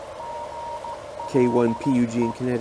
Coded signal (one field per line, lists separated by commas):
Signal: Morse code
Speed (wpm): 15 wpm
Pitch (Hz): 940 Hz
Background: speech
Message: GLE